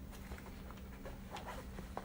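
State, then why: Seated. A flexible bend-and-snap brush holder, a fabric/plastic slap-band style roll, is unrolled until it snaps rigid into its upright standing shape. Soft rustling and handling noise run throughout, with a faint tick at 0.7 s. A sharp snap at 2.0 s marks it locking into shape.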